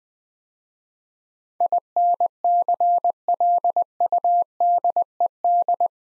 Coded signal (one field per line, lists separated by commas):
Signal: Morse code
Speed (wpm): 20 wpm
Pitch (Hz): 700 Hz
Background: none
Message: INCLUDED